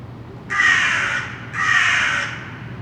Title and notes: Saint-Gilles, Belgique - Crows - corneilles. corbeaux corneilles